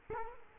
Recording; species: mosquito wingbeat signal from an infrared sensor; Culex quinquefasciatus